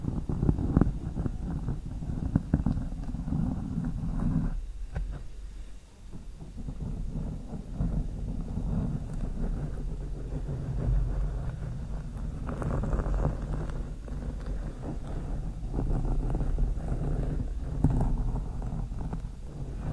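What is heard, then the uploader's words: Long nails scratch slowly over a microphone, a dense, low rumbling rasp with brief louder strokes, easing around five seconds then resuming steadily. SLOW MIC SCRATCHING W LONG NAILS.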